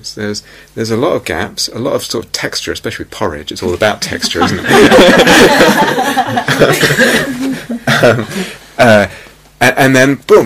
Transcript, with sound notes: There are a lot of gaps, a lot of sort of textures -- especially with porridge. It's all about textures. [laughter] And then, boom!